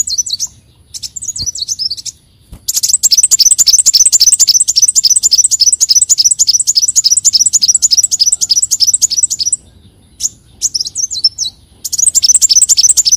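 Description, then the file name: Leafbird song: high, rapid chattering notes delivered in long dense runs, with brief silent gaps between bursts. "Tieng chim xanh tim"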